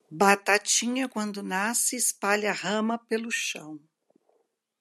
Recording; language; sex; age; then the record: short text; Brazilian Portuguese; female; 50 to 59 years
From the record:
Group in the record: control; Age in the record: 51 years